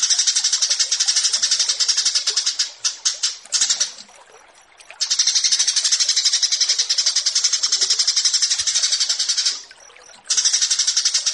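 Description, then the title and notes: Australasian bushlark song of extended rapid high-pitched trilled notes, broken by brief quiet gaps. Bird-keeping song tutoring (masteran). "Branjangan VS BURGER Masteran Mewah 1. burung BRANJANGAN"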